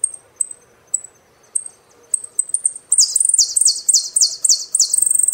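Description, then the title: Saffron finch: sparse high chips speed up into a rapid series of loud, buzzy, descending song notes that keeps repeating. "Jilguero Argentino"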